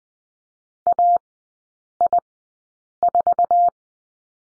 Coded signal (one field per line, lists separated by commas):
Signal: Morse code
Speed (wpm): 20 wpm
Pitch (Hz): 700 Hz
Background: none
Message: AI4